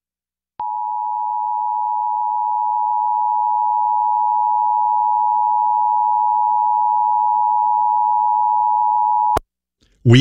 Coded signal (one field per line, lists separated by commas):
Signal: Emergency Alert System (SAME) tones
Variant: 853 and 960 Hz attention tone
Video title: EAS Child Abduction Emergency (AMBER Alert) Alexandria, Virginia/Maryland (DC Metro) WTOP-FM